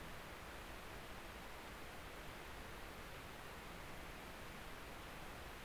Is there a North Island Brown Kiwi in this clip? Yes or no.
no